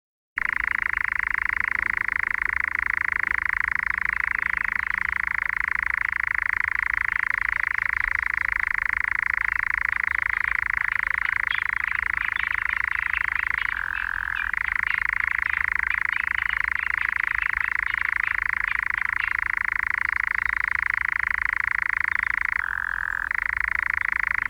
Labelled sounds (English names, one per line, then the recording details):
Eurasian Nightjar song
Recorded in the wild
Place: Ljubimez, Khaskovo, BG
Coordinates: 41.847, 26.086
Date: 1974-05-30
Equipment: Nagra III BH, Sennheiser MD 21, parabola
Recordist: Schubert, Michael